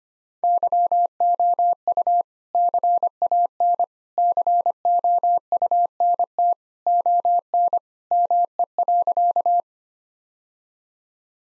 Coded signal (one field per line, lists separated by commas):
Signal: Morse code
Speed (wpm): 25 wpm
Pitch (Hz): 700 Hz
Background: none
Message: YOU CAN COUNT ON ME.